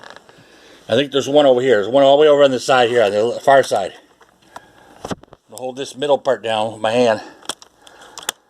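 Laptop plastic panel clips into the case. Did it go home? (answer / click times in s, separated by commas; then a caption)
no / none. While adding memory to a Gateway MT6460 laptop, someone talks while holding the middle of the plastic panel down by hand and working its clips against the case edge, with a few light handling taps and ticks, the sharpest near the end. Nothing has seated or clicked into place yet.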